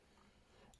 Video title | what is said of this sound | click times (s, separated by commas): Big, Bold, and Versatile: Victorinox HERCULES #edc #everydaycarry | and it's got quite a nice snap into place. | 0.7 s